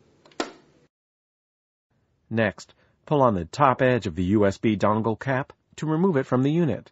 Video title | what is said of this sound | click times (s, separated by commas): Replace the Back Cover - TouchSmart 610 - HP Support | and swing out the door until it clicks into a locked position. | 0.4 s